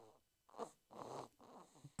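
Three short, rough, snorting breath sounds within two seconds, with a low rattling buzz, separated by quiet pauses. This is the snoring of a sleeping pet dog.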